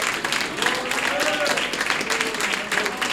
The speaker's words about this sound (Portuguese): Pode aplaudir Jesus, igreja.